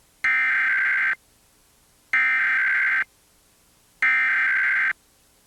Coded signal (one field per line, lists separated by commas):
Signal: Emergency Alert System (SAME) tones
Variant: header bursts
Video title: Comcast Emergency Alert System - Required Monthly Test (April 27, 2022)